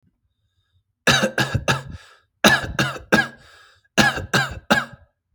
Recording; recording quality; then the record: shallow voluntary cough; excellent, no background noise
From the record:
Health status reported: healthy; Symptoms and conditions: none ticked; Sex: male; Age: 24 years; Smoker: not ticked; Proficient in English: yes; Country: United States